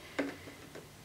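The red release lever on a Dyson Cinetic Big Ball Animal canister vacuum cleaner is pressed and the hose comes off the canister body port, as it would to clear a blockage. A sharp click sounds at 0.2 s, followed by a fainter sound near 0.8 s, and the hose is released easily.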